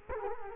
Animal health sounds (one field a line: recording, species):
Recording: mosquito wingbeat signal from an infrared sensor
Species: Culex quinquefasciatus